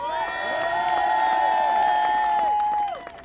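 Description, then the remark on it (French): A crowd at a blockade of the rectorate in Rouen, France, on 13 January 2020 cheers and applauds the yellow vest protesters who are present. Loud, sustained shouting voices sound over scattered sharp claps, holding steady for a few seconds before tapering off at the end. “Et puis aussi saluer et applaudir les camarades gilets jaunes aussi qui sont là.”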